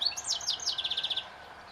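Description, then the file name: European goldfinch twitter: a fast run of bright, descending chirps followed by a string of quick, evenly spaced tinkling notes. "Carduelis carduelis"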